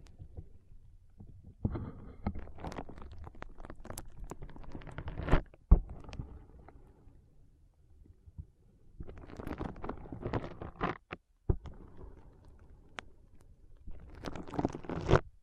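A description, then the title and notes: Foam being squeezed and rubbed in a brain massage, a dense crackling and crinkling texture that comes in bursts with short quiet gaps. The busiest stretches fall around 2–5, 9–11 and 14–15 seconds. Sharp clicks and pops break through near 5.5 and 11.5 seconds. ASMR Powerful Foam Brain Massage.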